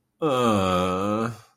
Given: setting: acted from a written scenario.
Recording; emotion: vocal sound without words; shame